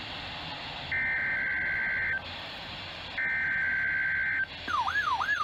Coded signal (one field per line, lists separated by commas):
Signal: Emergency Alert System (SAME) tones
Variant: header bursts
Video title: NOAA Weather Radio Weekly Tests (EAS #1822-1829)